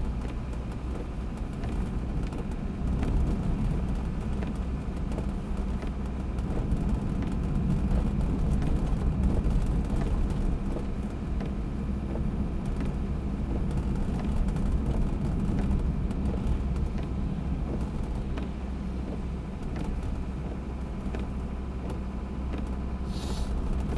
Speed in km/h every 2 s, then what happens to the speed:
45, 46, 47, 48, 48, 48, 49, 49, 48, 48, 47, 45.
0-24 steady at about 48.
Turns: none.